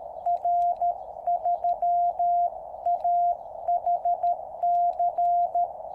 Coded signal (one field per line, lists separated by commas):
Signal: Morse code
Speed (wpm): 13 wpm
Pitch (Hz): 700 Hz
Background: radio noise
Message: R3AHC